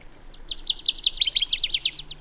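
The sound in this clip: Bird song as a quick, bright trill of more than a dozen repeated high notes, strengthening midway and running steadily to the end.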